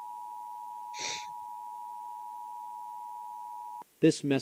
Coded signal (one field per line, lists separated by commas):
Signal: Emergency Alert System (SAME) tones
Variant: 853 and 960 Hz attention tone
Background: speech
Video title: watching EAS scenarios and hanging out part 3